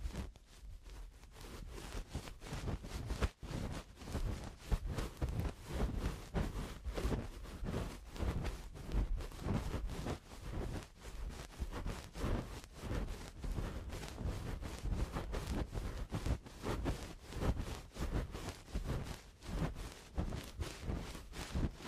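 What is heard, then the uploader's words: Eardrum cleaning sounds come as a dense, unbroken run of quick scratchy, rustling strokes that fill everything from a deep rumble up to a hissy top. The strokes are fast and irregular, with a sharp click near the three-second mark. Eardrum Cleaning (No Talking).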